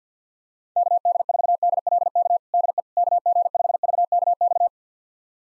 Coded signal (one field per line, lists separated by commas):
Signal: Morse code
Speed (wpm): 50 wpm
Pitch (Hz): 700 Hz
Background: none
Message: KD4DLK DE KG5VKX